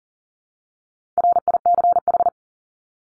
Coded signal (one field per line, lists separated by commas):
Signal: Morse code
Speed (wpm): 40 wpm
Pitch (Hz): 700 Hz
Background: none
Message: RICH